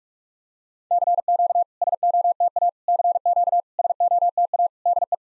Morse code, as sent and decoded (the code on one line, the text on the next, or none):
-.-. --.- / ... --- - .- / -.-. --.- / ... --- - .- / -.. .
CQ SOTA CQ SOTA DE